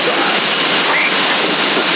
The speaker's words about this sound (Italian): sta piovendo forte.